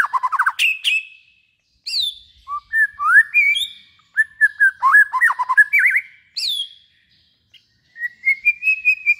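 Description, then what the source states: White-rumped shama singing varied clear whistles and slurred notes in bursts separated by pauses, ending with a rising series of short notes. Long-duration song used as a lure for trapping.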